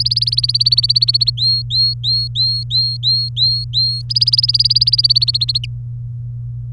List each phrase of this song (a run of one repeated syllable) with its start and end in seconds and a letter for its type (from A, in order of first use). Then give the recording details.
0.00-1.30 A, 1.37-4.02 B, 4.09-5.66 A. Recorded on 23 April 2018 at 16:21. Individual llb3